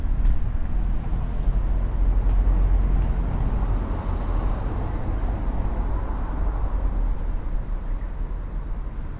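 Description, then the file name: Eurasian blue tit song: a thin, very high note followed by a quick descending trill, then faint high whistles, over a steady low rumble of traffic. "blaumeise"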